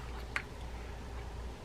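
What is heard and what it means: A case cover is fitted over the housing of a Fenwick 8500 rear drag fishing reel to hold its small click mechanism in place. One clear, short click is heard at 0.4 s against a low, steady background hum. The cover seats nicely.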